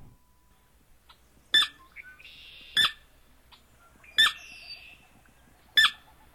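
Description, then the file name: Sora calls: sharp, short keek notes repeated roughly every one to one and a half seconds, with faint high bird notes in between. Used for marsh bird monitoring survey training. "SORA-mmp training"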